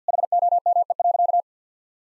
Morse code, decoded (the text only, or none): HOME.